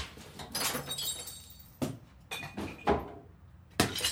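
Glass jars of 1970s home preserves from a cellar smash into a dumpster outside the front door in a series of sharp, bright crashes with tinkling shards, about four loud impacts spaced irregularly, each followed by brief rattling debris.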